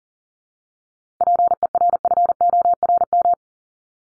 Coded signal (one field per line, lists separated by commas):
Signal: Morse code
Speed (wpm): 40 wpm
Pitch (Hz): 700 Hz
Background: none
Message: PERFORM